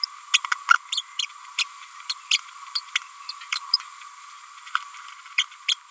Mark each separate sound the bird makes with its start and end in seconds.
0.33-0.40, 0.73-0.78, 0.92-1.03, 1.19-1.22, 1.58-1.64, 2.09-2.14, 2.30-2.39, 2.75-2.81, 2.95-2.99, 3.29-3.33, 3.55-3.60, 5.38-5.43, 5.68-5.76